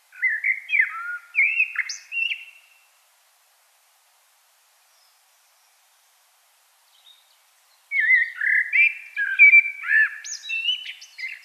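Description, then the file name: Common blackbird song in two bursts: rich, low fluting notes running into scratchy high twitters, with several seconds of silence between the phrases. "Turdus merula"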